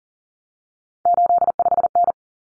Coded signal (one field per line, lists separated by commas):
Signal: Morse code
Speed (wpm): 40 wpm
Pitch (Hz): 700 Hz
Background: none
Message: 85N